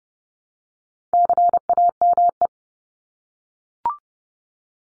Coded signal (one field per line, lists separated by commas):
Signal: Morse code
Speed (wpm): 30 wpm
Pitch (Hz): 700 Hz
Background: none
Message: CAME